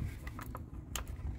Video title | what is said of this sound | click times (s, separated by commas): ps5 unboxing with accessories | you hear a little clicking sound and then | 1.0 s